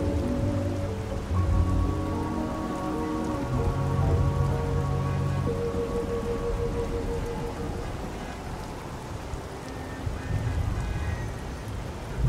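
Oldies play in another room, with held notes and a low bass line clear for about the first eight seconds before sinking into the background. A steady, hissing wash of traffic through the open window runs throughout, ending in a brief bump.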